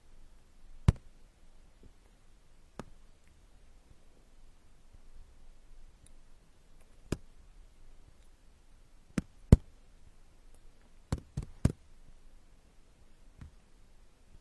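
Ear picking, heard as sharp, isolated clicks and taps over a very quiet, low murmur. The clicks come irregularly, a few seconds apart early on, then bunch together in a quick cluster between about nine and twelve seconds.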